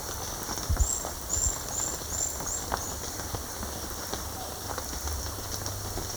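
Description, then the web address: Rufous-breasted piculet calling with a short series of high, thin, wiry notes that fade out, with soft low thumps and constant background hiss. Ecuador. "Natures Songs S America Birds of Ecuador. Rufous-Breasted Piculet"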